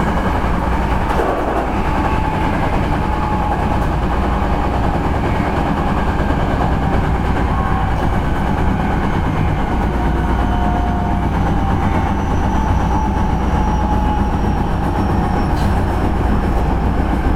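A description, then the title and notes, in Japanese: Running sound of a Hankyu 9300 series limited express train, a steady dense rumble with faint whining tones drifting across the ride. 阪急電鉄9300系電車の走行音です。京都線の特急列車にて収録しました。区間は高槻市から烏丸までです。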